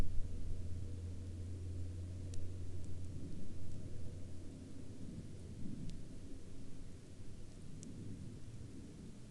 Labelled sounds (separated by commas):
rain, man-made sound